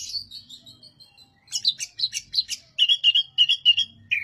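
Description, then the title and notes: Oriental magpie-robin song: rapid scratchy chirps followed by a steady series of clear whistled notes repeated several times per second, ending on a lower whistle. Song of a kept master bird used for training other birds, described as singing loudly and persistently. "Suara Burung Kacer masteran. burung kacer gacor hebat"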